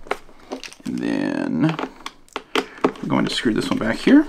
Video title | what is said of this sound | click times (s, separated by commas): Lenovo P17 G2 Disassembly, Upgrade, and Teardown (2022 Model) | It's gonna press this down. You're gonna hear some clicks. | 0.1 s, 0.6 s